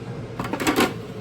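A plastic lid lock on a food processor bowl is being handled as the lid is closed and the lock clip is engaged. Short plastic knocks and rattles come at about 0.4 s and 0.5 s, followed by louder scraping handling around 0.7–0.8 s. No one talks, and nothing has seated or clicked yet.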